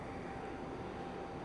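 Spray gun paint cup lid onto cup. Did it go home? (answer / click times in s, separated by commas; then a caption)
no / none. The locking tabs of a plastic spray-gun paint cup lid are lined up on the cup before it is twisted to lock. Only a steady, broadband rumbling noise is heard for about 1.5 seconds, with no sudden sounds. The lid has not locked or clicked yet.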